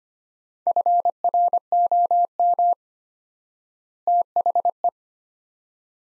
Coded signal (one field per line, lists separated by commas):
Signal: Morse code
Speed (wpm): 25 wpm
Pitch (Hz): 700 Hz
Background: none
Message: FROM THE